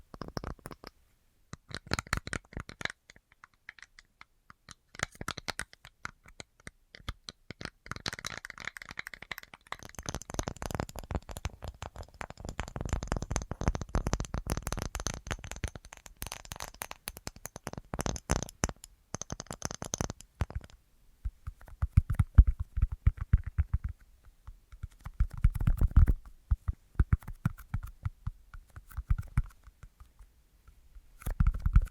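Tapping in quick, dense bursts of short clicks and knocks, crisp and bright at times with some duller, deeper thumps. The busiest stretch runs from about 10 to 20 seconds, then the taps thin out into scattered clusters with brief pauses.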